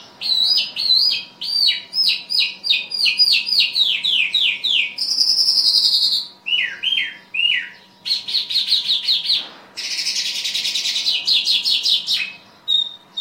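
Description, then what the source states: Bimaculated lark in a long varied song of rapid falling notes, buzzy trills and slurred whistles, nearly continuous. Recorded in Afghanistan.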